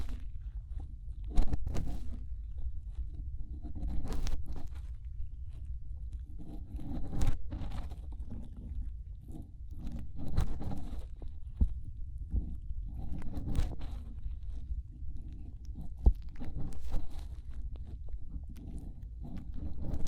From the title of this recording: Inner Ear Cleaning Using Fingers